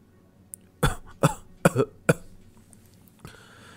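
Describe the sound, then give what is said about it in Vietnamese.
A man with a chest wound has a short fit of dry, harsh coughing, coughing up blood: four forceful coughs in an uneven burst, the third doubled, followed by a faint rasping breath. No one speaks. “Bát Giới đột nhiên ho khan một trận, khóe miệng sặc ra vết máu”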